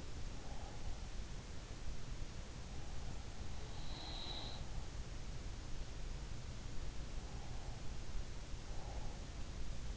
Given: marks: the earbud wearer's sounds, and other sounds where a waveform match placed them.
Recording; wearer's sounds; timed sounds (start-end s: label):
sounds in sleep by an in-ear microphone; breath
0.00-1.27 s: breath
3.81-4.68 s: sound from someone else or the room
8.52-9.52 s: breath